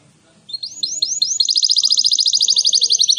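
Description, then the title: Canary singing a few rising, swooping notes that break into a fast, even rolling trill held to the end. Canary singing energetically (gacor), persistent song with long rolling trills (roll panjang), meant to prompt other canaries to answer at once. "LANGSUNG NYAUT GACOR DOR Kenari Manasaja, Dengan Kicau Kenari GACOR NGOTOT ROLL PANJANG"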